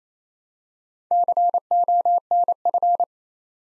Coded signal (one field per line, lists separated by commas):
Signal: Morse code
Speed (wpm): 27 wpm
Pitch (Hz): 700 Hz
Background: none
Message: CONF